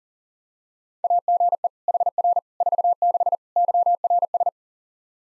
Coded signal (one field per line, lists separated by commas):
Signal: Morse code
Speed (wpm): 40 wpm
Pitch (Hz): 700 Hz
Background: none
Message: AGE HR 46 YRS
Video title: Practice QSO - Exchange 3- More Info - 40wpm